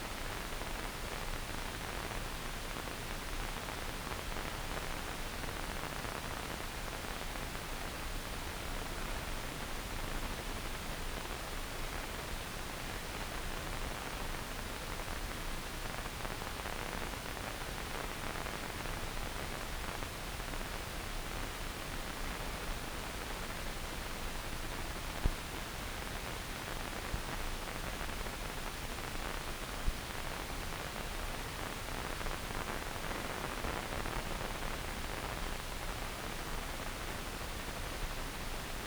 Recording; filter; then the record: brain microelectrode recording played as sound; wide band, above 20 Hz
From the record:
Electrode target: subthalamic nucleus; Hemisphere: left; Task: reaching with the right hand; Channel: 1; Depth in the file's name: 0.251 mm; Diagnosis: Parkinson's disease